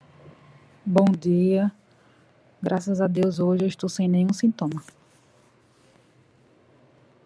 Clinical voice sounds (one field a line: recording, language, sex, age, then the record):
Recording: spoken sentence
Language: Brazilian Portuguese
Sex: female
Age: 30 to 39 years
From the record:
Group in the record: control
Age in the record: 39 years